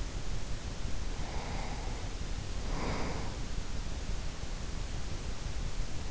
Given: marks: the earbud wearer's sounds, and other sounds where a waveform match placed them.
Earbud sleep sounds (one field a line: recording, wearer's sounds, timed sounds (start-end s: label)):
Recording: sounds in sleep by an in-ear microphone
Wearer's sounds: breath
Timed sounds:
0.89-3.48 s: breath